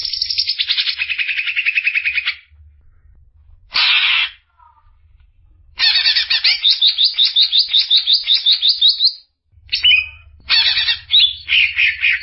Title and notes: Kicau Burung Cucak Ijo Juara. Suara kicauan burung cucak ijo